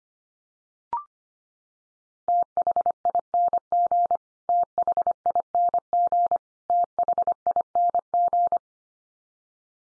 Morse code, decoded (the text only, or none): THING THING THING